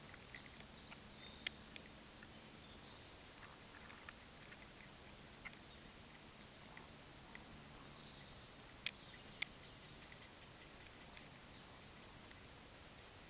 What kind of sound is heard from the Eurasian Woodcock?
whistle, croak